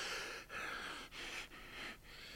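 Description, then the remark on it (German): A man pants heavily after running and standing upright again, with quick, rasping breaths in an even rhythm, about four breaths in two and a half seconds, and no talking. “Er keucht, als er wieder aufrecht steht.”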